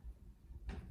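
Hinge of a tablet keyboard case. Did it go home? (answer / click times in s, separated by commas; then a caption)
yes / 0.7 s. The hinge of an Apple Magic Keyboard tablet case is moved again and snaps into place at 0.7 s with a short, sharp hit over a low rumble. The hinge seats firmly.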